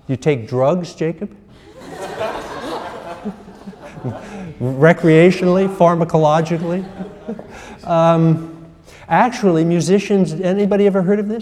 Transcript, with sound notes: Do you take drugs, Jacob, [laughter] [laughs] recreationally, pharmacologically? [laughs] Actually, musicians — has anybody ever heard of this?